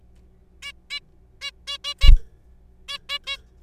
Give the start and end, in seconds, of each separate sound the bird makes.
0.62-0.72, 0.90-1.00, 1.41-1.51, 1.68-1.77, 1.84-1.94, 2.01-2.10, 2.88-2.98, 3.09-3.18, 3.27-3.36